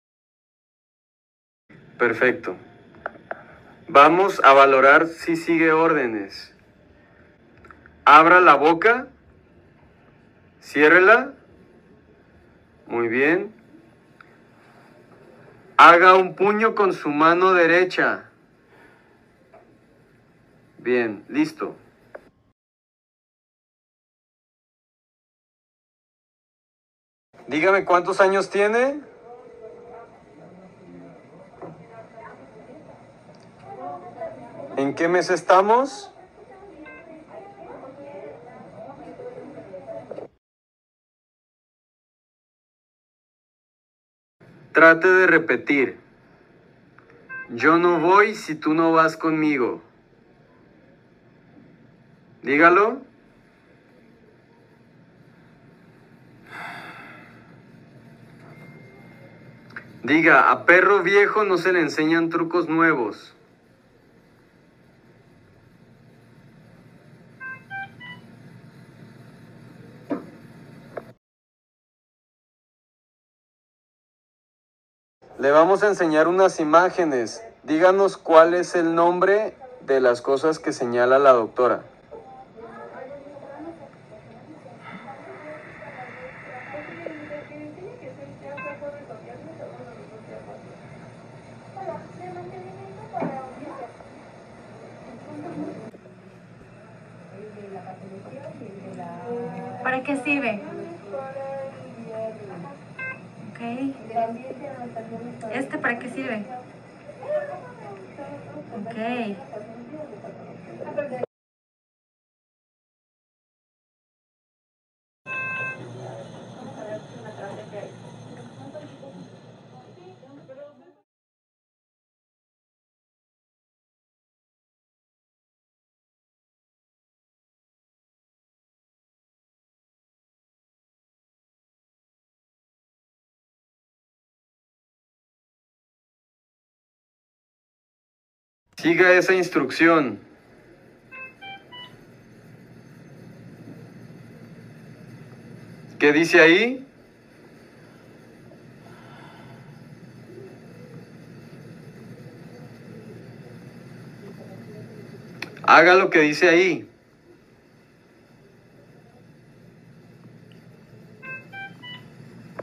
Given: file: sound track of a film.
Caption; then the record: Language examination reveals impaired fluency with preserved comprehension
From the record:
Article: Right-Hemisphere Language Dominance Unmasked by Acute Ischemic Stroke: A Case Report